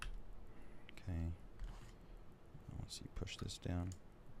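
Someone talks while pushing a small internal part down into the frame of a JW4 Pit Viper Hi-Capa airsoft pistol, with faint handling ticks and scrapes between the words. Nothing has seated or clicked into place yet.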